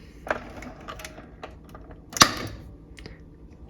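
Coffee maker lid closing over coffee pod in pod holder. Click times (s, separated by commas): 2.2 s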